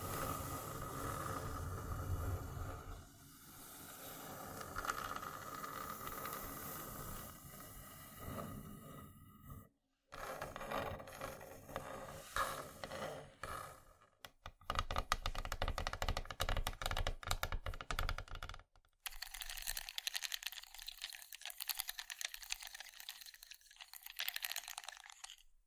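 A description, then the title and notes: ASMR wooden triggers, with sections separated by short silences near 10, 14 and 19 seconds. The first part is a soft, steady rustle with a low hum, followed by dense rapid tapping and clicking like typing, then a thin, bright hissing scratch with no low end. ASMR Wooden Triggers 1hour（No Talking）.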